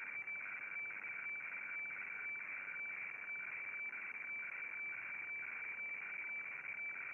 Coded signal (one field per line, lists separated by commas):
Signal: weather fax (radiofax)